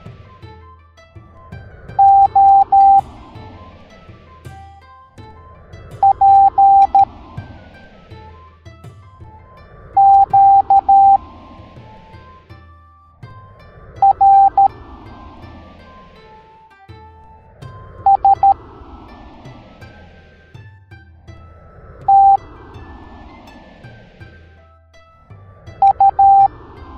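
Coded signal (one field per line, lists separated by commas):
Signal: Morse code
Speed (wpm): 13 wpm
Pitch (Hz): 790 Hz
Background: music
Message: O P Q R S T U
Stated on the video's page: Morse code alphabet lesson for kids.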